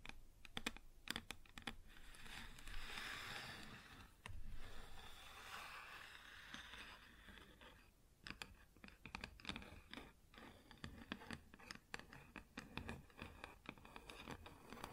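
Tapping and scratching on a wooden surface, with quick clicky taps in irregular bursts like typing. From about 2 to 7 seconds a steadier scraping rasp fills in between the taps, then brief pauses give way to dense, uneven tapping through the end.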